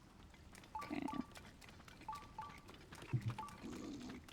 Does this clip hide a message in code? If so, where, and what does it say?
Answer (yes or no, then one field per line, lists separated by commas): no